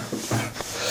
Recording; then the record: coughing mixed with background sound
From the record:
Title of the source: Cough Around the Clock!